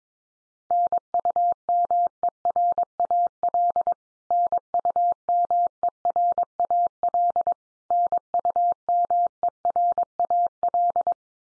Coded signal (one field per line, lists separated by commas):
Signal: Morse code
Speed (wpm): 22 wpm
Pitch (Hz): 700 Hz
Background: none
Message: NUMERAL NUMERAL NUMERAL